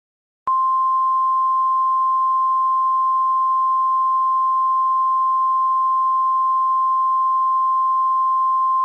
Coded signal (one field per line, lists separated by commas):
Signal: Emergency Alert System (SAME) tones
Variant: 1050 Hz attention tone